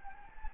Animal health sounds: mosquito wingbeat signal from an infrared sensor; Anopheles gambiae

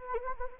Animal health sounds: mosquito wingbeat signal from an infrared sensor; Anopheles gambiae

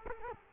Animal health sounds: mosquito wingbeat signal from an infrared sensor; Culex quinquefasciatus

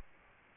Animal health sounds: mosquito wingbeat signal from an infrared sensor; Aedes albopictus

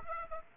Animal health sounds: mosquito wingbeat signal from an infrared sensor; Aedes aegypti

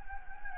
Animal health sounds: mosquito wingbeat signal from an infrared sensor; Anopheles gambiae

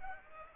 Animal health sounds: mosquito wingbeat signal from an infrared sensor; Aedes aegypti

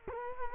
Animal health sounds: mosquito wingbeat signal from an infrared sensor; Culex quinquefasciatus

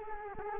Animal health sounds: mosquito wingbeat signal from an infrared sensor; Culex quinquefasciatus

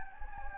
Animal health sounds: mosquito wingbeat signal from an infrared sensor; Anopheles gambiae

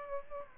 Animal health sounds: mosquito wingbeat signal from an infrared sensor; Aedes aegypti

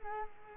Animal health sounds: mosquito wingbeat signal from an infrared sensor; Culex quinquefasciatus

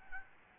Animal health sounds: mosquito wingbeat signal from an infrared sensor; Aedes albopictus

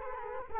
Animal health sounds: mosquito wingbeat signal from an infrared sensor; Culex quinquefasciatus

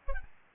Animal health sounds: mosquito wingbeat signal from an infrared sensor; Aedes albopictus

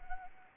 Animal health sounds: mosquito wingbeat signal from an infrared sensor; Anopheles arabiensis

